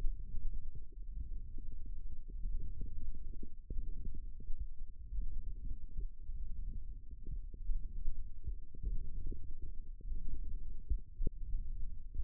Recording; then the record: forearm muscle sounds (acoustic myography)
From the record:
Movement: thumb flexion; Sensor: system 1, eight BSWA MPA416 microphones around the upper forearm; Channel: 8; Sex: female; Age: 22 years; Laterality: right